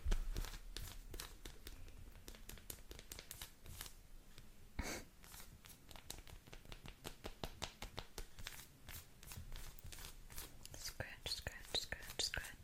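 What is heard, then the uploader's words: Tapping and scratching on chocolate, a dense run of quick, crisp clicks and scrapes that keeps up steadily for the whole stretch. A few louder knocks stand out near the start and around five seconds, with brighter crinkly scratches toward the end. ASMR - TAPPING and SCRATCHING on CHOCOLATE (textured).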